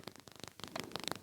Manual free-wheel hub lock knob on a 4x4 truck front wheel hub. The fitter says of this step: Nah, ini sudah terkunci.